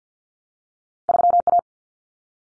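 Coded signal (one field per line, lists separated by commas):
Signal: Morse code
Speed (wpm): 50 wpm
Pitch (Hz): 700 Hz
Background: none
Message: 3A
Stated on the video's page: Morse code drill at 50 wpm of two-digit cut numbers using T, A, N for 0, 1, 9, each sent, spoken, then sent again.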